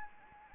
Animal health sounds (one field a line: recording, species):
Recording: mosquito wingbeat signal from an infrared sensor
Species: Anopheles arabiensis